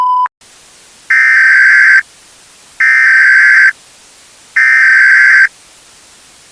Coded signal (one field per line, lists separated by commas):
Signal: Emergency Alert System (SAME) tones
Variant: header bursts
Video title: Halloween Special/50 Subscriber Special - EAS Scenario: The Voices